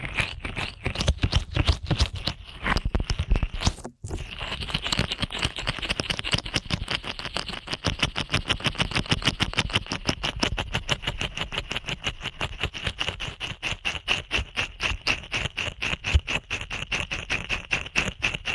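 Ear cleaning at rapid speed: dense, fast, evenly repeating scratchy strokes with a bright edge, briefly cutting out around four seconds.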